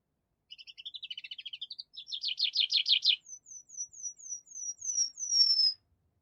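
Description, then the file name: Tree Pipit song: a dry trill, then buzzy rapid phrases, then a series of high descending whistles ending in a drawn-out falling note. "Animal Tree Pipit"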